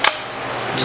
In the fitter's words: destrava e puxa aqui levanta o